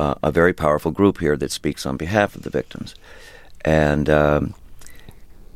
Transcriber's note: none